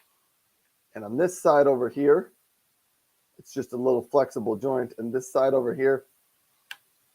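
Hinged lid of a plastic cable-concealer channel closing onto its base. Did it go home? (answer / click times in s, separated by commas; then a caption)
yes / 6.7 s. Someone talks while closing the hinged lid of a plastic cord-cover channel, about 16 inches long, along its flexible joint and pressing it shut onto its base. A single sharp tick at 6.7 s marks the lid snapping into place.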